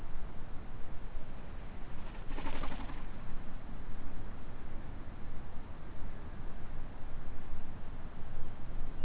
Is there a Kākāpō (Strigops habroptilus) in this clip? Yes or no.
no